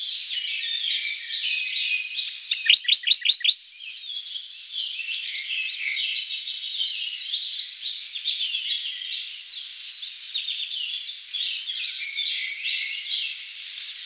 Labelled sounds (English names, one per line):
Radde's Warbler song